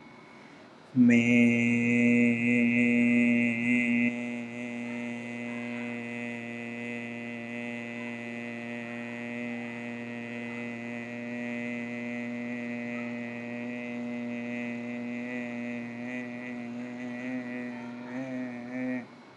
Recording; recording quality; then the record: sustained vowel as in made; excellent, no background noise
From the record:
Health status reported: healthy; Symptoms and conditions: none ticked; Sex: male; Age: 40 years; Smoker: not ticked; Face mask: not worn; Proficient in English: yes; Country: India